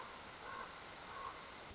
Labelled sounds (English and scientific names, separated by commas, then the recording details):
Common Raven (Corvus corax)
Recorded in Sonoma County, California